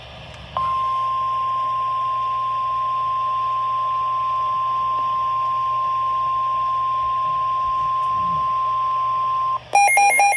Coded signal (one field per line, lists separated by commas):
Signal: Emergency Alert System (SAME) tones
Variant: 1050 Hz attention tone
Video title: NOT AGAIN WITH THIS😑 | 6/30/24 - Severe Thunderstorm Warning on KHB38 (EAS #1098)